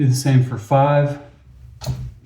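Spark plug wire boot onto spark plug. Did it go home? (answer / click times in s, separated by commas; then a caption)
yes / 1.8 s. On a 2002 Ford Ranger, the spark plug wire boot for cylinder five is pushed down onto its spark plug. Someone talks, and then a short click is heard at 1.8 s as the boot seats on the plug.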